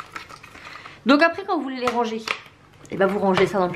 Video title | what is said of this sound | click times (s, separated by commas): REVUE CANON SELPHY - CASSIE MINI | on referme ici on clip donc | 0.2 s